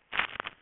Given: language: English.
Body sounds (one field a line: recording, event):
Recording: throat vibration sensor signal played as sound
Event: swallow